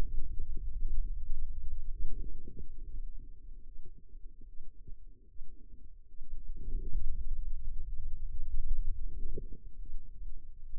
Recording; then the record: forearm muscle sounds (acoustic myography)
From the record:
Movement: pen grasping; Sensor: system 2, bracelet of six BSWA MPA416 microphones around the upper forearm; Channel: 2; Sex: female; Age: 25 years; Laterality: right